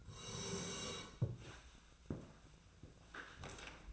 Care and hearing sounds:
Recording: daily activity, microphone in the room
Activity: sit down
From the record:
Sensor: 2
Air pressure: 1000.3 hPa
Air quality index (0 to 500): 158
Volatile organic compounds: 3 ppm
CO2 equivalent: 1323 ppm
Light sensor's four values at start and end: 11/22/10/11 and 11/23/10/11

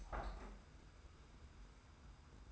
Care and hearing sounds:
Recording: daily activity, microphone in the room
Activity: open window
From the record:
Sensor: 2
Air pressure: 990.2 hPa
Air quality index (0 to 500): 202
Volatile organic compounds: 1000 ppm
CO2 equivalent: 6453 ppm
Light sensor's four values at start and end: 24/56/23/23 and 23/55/22/22

